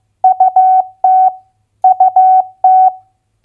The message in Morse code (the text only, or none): UT UT